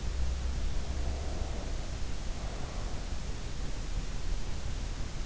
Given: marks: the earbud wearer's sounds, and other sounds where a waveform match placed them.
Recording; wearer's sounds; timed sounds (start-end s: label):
sounds in sleep by an in-ear microphone; breath
0.40-3.65 s: breath